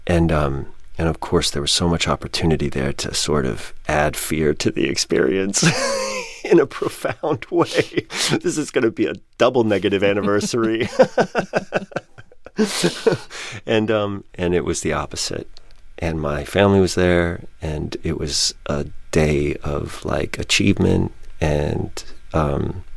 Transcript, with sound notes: And, of course, there was so much opportunity there to sort of add fear to the experience (laughter) in a profound way. This is going to be a double negative anniversary (laughter). And it was the opposite.
And my family was there and it was a day of, like, achievement and